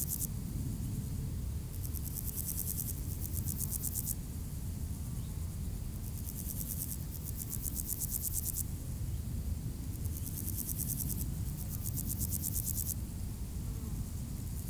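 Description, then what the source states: Grasshoppers chirring in rhythmic, high-pitched pulsed phrases, repeated with gaps, above a constant low traffic rumble. Beside the D633 road at Aveize, France, with passing cars; Sony PCM-M10 recorder, AB microphone position.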